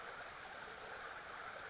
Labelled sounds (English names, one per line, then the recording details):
Western Flycatcher
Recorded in Sonoma County, California